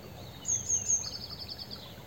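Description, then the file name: Eurasian blue tit call: a quick run of high, thin notes sliding into a short buzzy churr, over gentle background hiss. "Cyanistes caeruleus"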